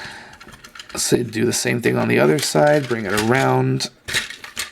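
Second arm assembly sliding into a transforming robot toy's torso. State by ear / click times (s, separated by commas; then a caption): not seated / none. Someone talks while the second plastic arm assembly on the other side of a Transformers Combiner Wars Ultra Magnus transforming robot toy figure is brought around toward the torso, with a few light taps of handling. The arm is only being handled, and nothing has seated or clicked into place yet.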